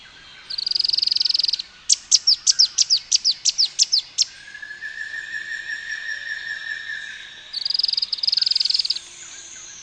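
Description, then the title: Streak-capped Antwren giving a fast run of high, sharp notes, with a loud steady insect-like buzzing before and after and a long lower steady tone. "LuckyPassaro Completos2Sama. Streak-capped Antwren (Terenura maculata)"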